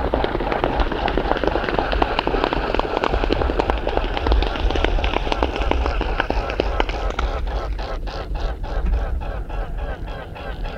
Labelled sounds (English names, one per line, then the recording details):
Mute Swan call
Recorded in the wild
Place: Poggenhof, Insel Rügen, Mecklenburg-Vorpommern, DE
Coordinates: 54.531, 13.176
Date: 1973-10-01
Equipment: Nagra III BH, Sennheiser MD 21, parabola
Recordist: Schubert, Michael